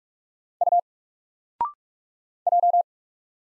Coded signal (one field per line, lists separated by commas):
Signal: Morse code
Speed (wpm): 44 wpm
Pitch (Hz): 700 Hz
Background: none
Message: U J